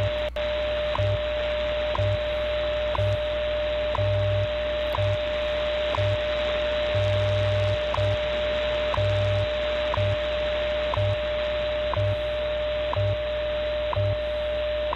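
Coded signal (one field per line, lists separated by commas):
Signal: radio time signal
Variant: WWV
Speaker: this one is on 15 megahertz WWV 15 megahertz and we'll compare of course to antennas the w6 LVP amplified magnetic loop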